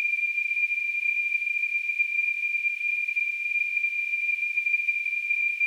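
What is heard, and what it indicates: A steady, high-pitched ringing tone near 2.5 kHz runs unchanged for about six seconds with a faint hiss around it. It is a simulated tonal tinnitus, imitating the constant ringing heard by people with tinnitus.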